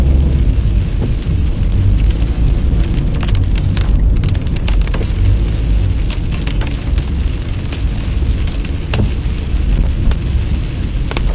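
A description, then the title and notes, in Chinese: Driving along a country road in the rain: a steady low rumble of the car with dense patter and scattered sharp clicks throughout. 雨中行驶在异国他乡的乡间小路上。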